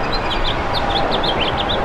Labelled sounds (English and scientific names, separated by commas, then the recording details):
House Finch (Haemorhous mexicanus) song
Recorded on Long Island, New York, on 11 June 2012
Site HB
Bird D